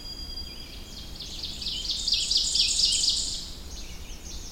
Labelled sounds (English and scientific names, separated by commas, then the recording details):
Ovenbird (Seiurus aurocapilla) song
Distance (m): 15 m
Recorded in boreal forest in Alberta, Canada, on 21 June 2016 at 06:53
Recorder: SongMeter 3, array SBT-6-81
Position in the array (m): 40 m, 88 m
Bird 24